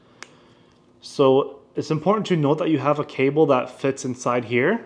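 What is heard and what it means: A battery door on an action camera's hinge rail is pushed down and pulled off the rail, giving a single sharp snap at 0.2 s as it pops off and is released. After a short quiet pause, someone talks.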